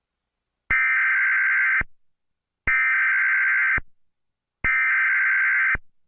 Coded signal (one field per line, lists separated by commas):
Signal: Emergency Alert System (SAME) tones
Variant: header bursts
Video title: it’s me it’s verity with eas